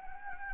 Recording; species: mosquito wingbeat signal from an infrared sensor; Anopheles gambiae